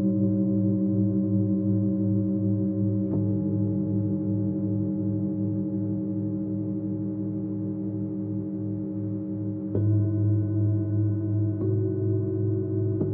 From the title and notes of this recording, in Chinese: 舒缓头脑不适频率432Hz丨颂钵。